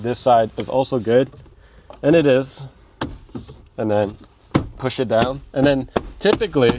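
Someone talks while pushing the dashboard trim panel of a Tesla Model 3 Highland refresh down onto its mounts, where its metal clips are meant to clamp onto the plastic inserts in the dash frame. A brief sharp knock sounds at about 3.0 s between the speech. The clip ends before the panel goes home, and nothing has seated or clicked yet.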